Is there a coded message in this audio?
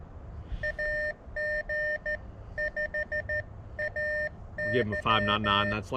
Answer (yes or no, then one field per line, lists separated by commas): yes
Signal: Morse code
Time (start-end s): 0.6-5.7 s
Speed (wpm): 14 wpm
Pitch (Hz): 1800 Hz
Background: speech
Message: AG5AY